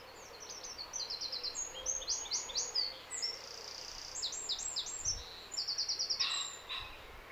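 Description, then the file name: Eurasian wren song of rapid high trills and clipped notes, repeated bursts over steady noise, with a brief louder call and low thumps near the end. "Troglodytes troglodytes"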